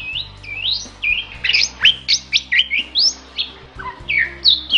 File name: Bali myna